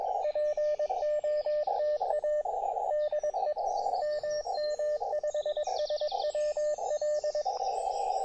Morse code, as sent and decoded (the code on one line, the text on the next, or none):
.--. --- - .- / -.. . / -- -- ..... ... .-- .-..
POTA DE MM5SWL